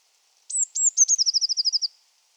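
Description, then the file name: Eurasian blue tit: two thin, very high sliding notes followed by a fast, even trill of about ten bright notes, lasting under two seconds. "Cyanistes caeruleus"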